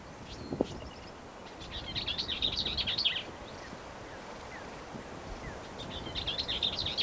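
Bell's vireo song: a rapid scratchy warble, then a second similar phrase begins near the end, over soft background hiss.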